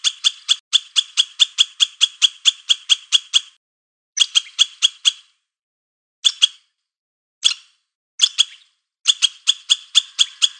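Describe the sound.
Squirrel chatter in bursts: a long run of rapid harsh chucks, then shorter groups of one to five notes separated by silences, ending in another fast run.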